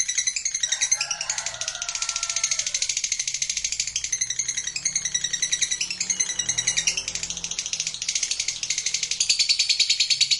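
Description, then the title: Lovebird singing a fast, continuous, buzzy chatter of rapid high rattling notes, with a brief softer warbled phrase near the start. Recording meant to stimulate a lazy, quiet lovebird into eager, spontaneous, sustained singing. "LOVEBIRD Malas Bunyi JADI GREGET SPONTAN Langsung NARIK"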